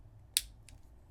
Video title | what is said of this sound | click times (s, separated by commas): I Reviewed 22 Galaxy Watch Ultra Bands—These Are the Best & Worst! | This one seems to click into place a little easier because it's got more to hold on to. | 0.4 s